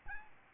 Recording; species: mosquito wingbeat signal from an infrared sensor; Aedes albopictus